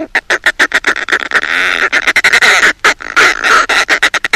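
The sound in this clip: Northern fulmar cackling loudly, with rapid harsh staccato notes running into a continuous rasping, grating chatter in the middle, then breaking back into quick pulses.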